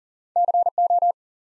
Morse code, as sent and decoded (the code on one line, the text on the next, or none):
-.-. ---
CO